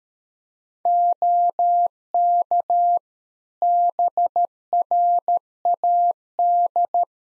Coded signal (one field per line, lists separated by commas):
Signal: Morse code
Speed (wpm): 13 wpm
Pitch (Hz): 700 Hz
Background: none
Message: OK BRAD